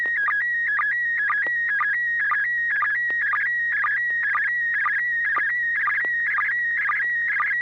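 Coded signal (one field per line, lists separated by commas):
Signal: SSTV (slow-scan television)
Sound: steady high whistle-like tone with rhythmic warbling chirps and low dips, twice per second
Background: low hum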